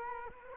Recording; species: mosquito wingbeat signal from an infrared sensor; Culex quinquefasciatus